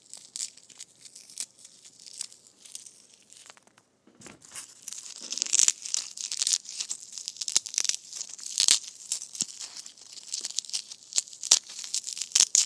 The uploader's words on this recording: ASMR Foam Balls Squishing.